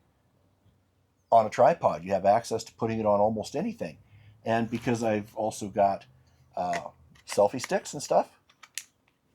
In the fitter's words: clicks right in.